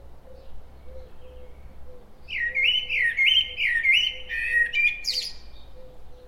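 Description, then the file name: Common blackbird delivering a long mellow warble of looping whistles closing with a sharp high twitter, while a soft low tone repeats behind it. "Turdus merula"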